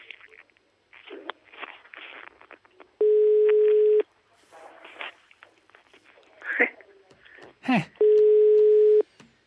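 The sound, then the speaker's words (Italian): The phone of the radio show La Zanzara rings twice at 18:53: two steady, low buzzing tones, each about a second long, separated by a gap filled with muffled voices and brief noises. “Squilla il telefono della zanzara alle 18.53.”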